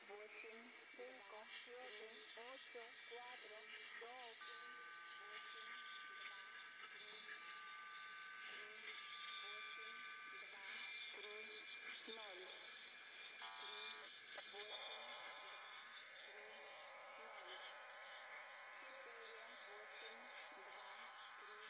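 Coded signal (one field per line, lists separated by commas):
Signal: numbers station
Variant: HM01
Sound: short spoken syllables over static, with steady whistling tones and interference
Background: radio static, interfering tones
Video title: Numbers Station HM01 S06s 11635khz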